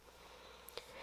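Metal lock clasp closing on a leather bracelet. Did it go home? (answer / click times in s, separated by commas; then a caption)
yes / 0.7 s, 0.8 s. A metal lock clasp on a leather bracelet snaps back into place after being pulled apart to open. Two quick, sharp clicks are heard at 0.7 s and 0.8 s over a quiet background. The clasp is closed and seated.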